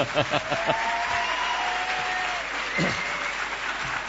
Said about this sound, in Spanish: Estoy muy mosca porque habéis aplaudido más a l'Andreu que a mí, ¿eh?